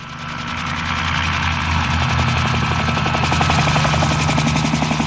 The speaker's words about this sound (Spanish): Ya estaba prendido el helicóptero para...